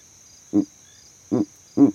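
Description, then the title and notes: Verreaux's eagle owl giving deep, gruff hoots, three short grunting notes, the last two close together, over a steady high insect hum. Male advertising his territory from a tree in the savanna; overnight recording rig set up in that same tree. "This Verreaux's eagle owl advertised his territory from the exact tree that I set up my overnight sound recording rig in."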